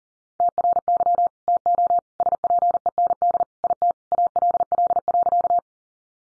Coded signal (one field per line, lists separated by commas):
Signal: Morse code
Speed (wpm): 40 wpm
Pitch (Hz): 700 Hz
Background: none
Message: TRY TO SPEND IT ALL.